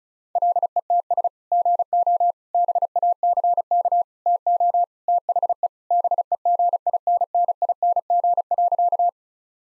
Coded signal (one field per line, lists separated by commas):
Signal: Morse code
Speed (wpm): 36 wpm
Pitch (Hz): 700 Hz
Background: none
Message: LETS GO BACK TO THE BEGINNING.